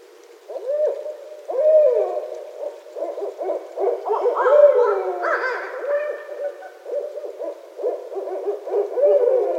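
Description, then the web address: Barred owl giving a continuous, wavering series of hoots and excited caterwauling calls throughout. Recorded 9 February 2012. "Barred Owl 2012 02 09"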